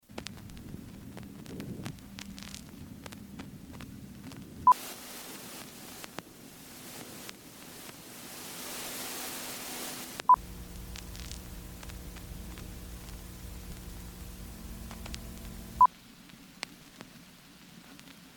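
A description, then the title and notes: Lo-fi static and crackle in three abrupt sections split by sharp clicks, shifting between low hum, brighter hiss, and a buzzing tonal drone. Lo-Fi Vinyl Static. Dusty noise, tape saturation and static crackling sounds.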